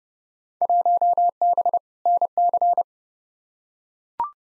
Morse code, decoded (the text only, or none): 1B NC